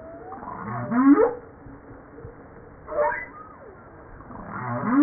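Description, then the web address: Humpback whale song, mixed units: rising harmonic sweeps and short upward chirps at irregular intervals, over underwater noise. Recorded 5 March 1994 at 09:52; from a 2013 JASA publication. "pub JASA 2013 Blue Bowhead Fin Humpback Southern Right Whale humpback-01 940305-0952"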